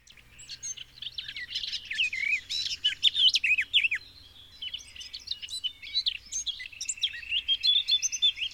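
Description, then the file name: Eurasian blackcap song: fast scratchy warbling phrases, a short pause, then more chattering that ends in a run of clearer whistled notes. "Sylvia atricapilla"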